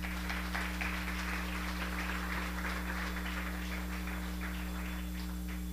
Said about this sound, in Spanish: ¿Cuántos dicen gloria a Dios? ¿Cuántos le dan palmas al Señor?